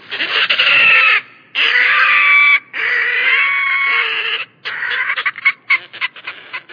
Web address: Gråstrubet-Lappedykker